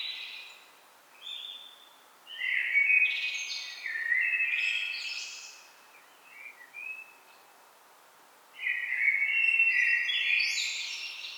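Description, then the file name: Common blackbird song: mellow whistled phrases rising into thin high twitters, with a quiet gap between bursts and faint background hiss. "Turdus merula"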